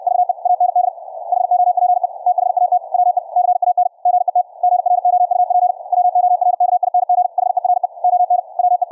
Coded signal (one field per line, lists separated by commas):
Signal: Morse code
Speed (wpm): 64 wpm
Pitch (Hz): 720 Hz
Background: none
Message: VE AND HOPE THAT WE CAN GET GROUP WORKING HERE ON WE